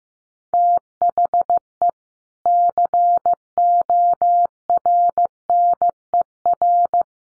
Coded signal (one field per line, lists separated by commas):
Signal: Morse code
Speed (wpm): 15 wpm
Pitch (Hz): 700 Hz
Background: none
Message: THE CORNER